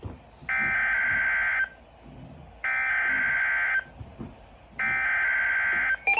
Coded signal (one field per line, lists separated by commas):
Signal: Emergency Alert System (SAME) tones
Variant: header bursts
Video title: Two Severe Thunderstorm Warnings (EAS #535 & 536) Double Header